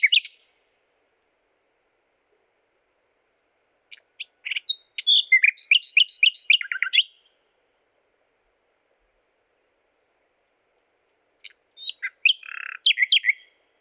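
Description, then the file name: Common nightingale singing: a rich, fast phrase of varied chirps and rattling notes, a long pause, then another burst of mixed notes. "Luscinia megarhynchos"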